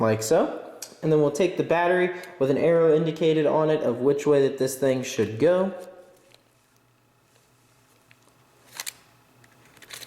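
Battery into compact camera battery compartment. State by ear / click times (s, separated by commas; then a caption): not seated / none. Someone talks while a battery marked with an arrow showing which way it goes is handled toward the battery compartment of a Sony Cyber-shot DSC-WX300 compact camera. The talking stops around 6 s, followed by quiet handling with two brief sharp sounds at 8.8 s and 8.9 s. The battery has not seated or locked into place yet.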